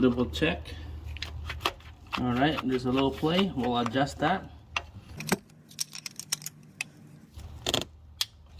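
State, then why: Seated. Someone talks while working the metal ratchet of a car engine's timing chain tensioner to adjust out a little play. Sharp metallic clicks and taps follow. The ratchet clicks into its next notch at 8.2 s, seating and taking up the slack.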